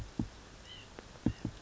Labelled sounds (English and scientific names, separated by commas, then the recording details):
White-breasted Nuthatch (Sitta carolinensis)
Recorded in Sonoma County, California